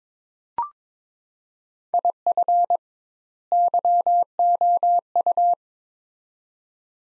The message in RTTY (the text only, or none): none